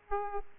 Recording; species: mosquito wingbeat signal from an infrared sensor; Aedes aegypti